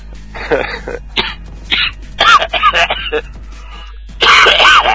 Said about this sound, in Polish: No właśnie, nie do mikrofonu. Mamy tak słychać już. Jak kaszle, tak? Słucham? Tak słychać jak kaszle. No, świńska grypa.